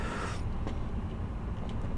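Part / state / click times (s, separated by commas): fold-out plastic part on a transforming robot toy / not seated / none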